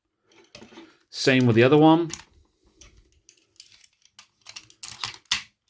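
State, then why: Seated. Someone talks briefly, then handles a second plastic leg piece on a Transformers Energon Optimus Prime action figure with faint taps and rattles. The piece is pushed into its socket on the figure's body and seats with a sharp click at 5.3 seconds.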